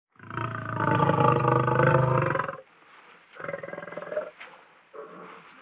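Lion growling: a long, deep, rough rumble of over two seconds, then two shorter, quieter growls follow after brief pauses.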